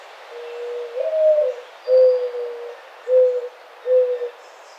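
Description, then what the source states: Mourning Dove song, an upslurred two-part coo then three hollow, low hoots, over steady background hiss. Recorded on 28 May 2009.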